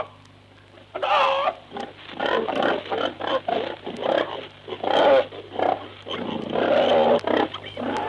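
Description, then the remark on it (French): A man's voice mimics a rapid string of animal cries, barking, squealing, meowing, yapping and clucking, in loud, varied bursts over a low steady hum, following a second of quiet, in a March 1947 broadcast on Paris Inter radio. “Il aboie, il piaille, il miaule, il jappe, il caquette.”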